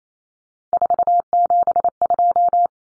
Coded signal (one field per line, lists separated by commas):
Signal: Morse code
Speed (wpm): 28 wpm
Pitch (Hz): 700 Hz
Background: none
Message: 472